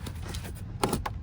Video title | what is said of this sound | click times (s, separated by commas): Trying to get Cell Reception INSIDE my Van! | until it snaps. Yeah, I'm sure that's all nice and tight. | 0.8 s, 1.1 s